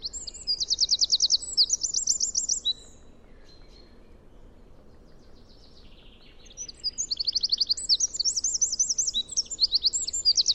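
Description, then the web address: Bird calls, rapid trilled phrases of high chirps repeated in bursts at the start and again after a quiet gap, over low steady background hiss. "cianscape birddata Deverinetal 2025"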